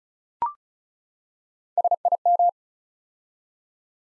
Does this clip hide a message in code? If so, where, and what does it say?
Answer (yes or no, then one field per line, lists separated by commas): yes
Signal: Morse code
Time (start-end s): 1.8-2.5 s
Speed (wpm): 36 wpm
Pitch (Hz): 700 Hz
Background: none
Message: SIM